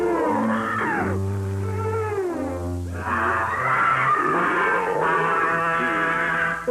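A bear growls and groans in long, low, rumbling moans that rise and fall in pitch, loud and continuous for several seconds with no talking over it.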